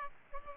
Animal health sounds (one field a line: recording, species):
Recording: mosquito wingbeat signal from an infrared sensor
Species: Aedes aegypti